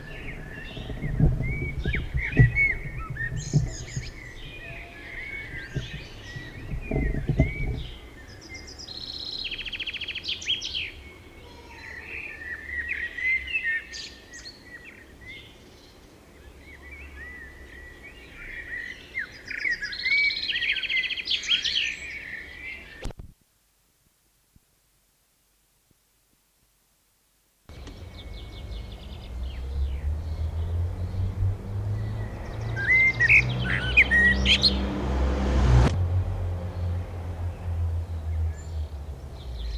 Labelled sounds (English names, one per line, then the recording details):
Common Blackbird song
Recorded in the wild
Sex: male
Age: adult
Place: Bielefeld-Mitte, Nordrhein-Westfalen, DE
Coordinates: 52.0083, 8.54833
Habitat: residential district
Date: 1971-06-26
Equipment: Uher 4000 Report-S, Bändchenmikro Beyer M 260, Parabolspiegel Polyester (470 mm)
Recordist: Conrads, Klaus